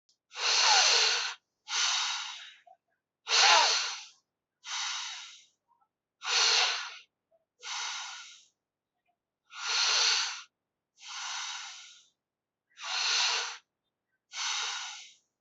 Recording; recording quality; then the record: deep breathing; excellent, no background noise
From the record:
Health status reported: exposed to COVID-19, no respiratory illness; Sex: male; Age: 30 years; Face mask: not worn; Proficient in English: yes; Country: India